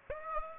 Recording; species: mosquito wingbeat signal from an infrared sensor; Aedes aegypti